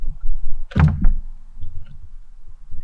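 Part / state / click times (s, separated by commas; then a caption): chain brake lever on a petrol chainsaw body / not seated / none. The plastic chain brake lever and hand guard on a Hyundai HYC6200X 62cc 20-inch petrol chainsaw body is pulled back toward the handle to release it. There are several dull plastic thunks from handling the housing, with the loudest burst around 0.7–1.0 s and another at 1.0 s. The lever appears to have gone back, but no click is heard and nothing has clicked yet.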